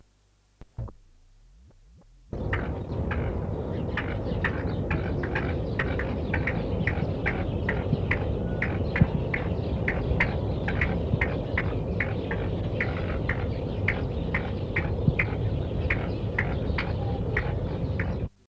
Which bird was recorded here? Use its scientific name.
Bambusicola thoracicus